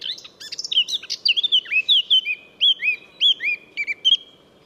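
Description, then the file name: Eurasian blackcap song, a rapid warble moving into loud, clear, fluty whistled notes that dip and rise, delivered in a steady bright run. "Sylvia atricapilla"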